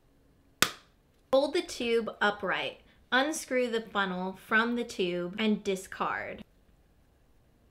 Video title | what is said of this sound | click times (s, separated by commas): Being A Gay Asian Woman: My Experience | close the funnel lid by firmly pushing the lid until you hear a loud click the liquid in the lid will be released into the tube to mix with the saliva | 0.6 s